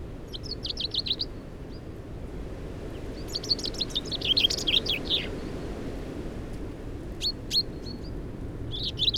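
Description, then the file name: Common chaffinch song, several bursts of bright high notes heard throughout over constant low background noise. "Fringilla coelebs"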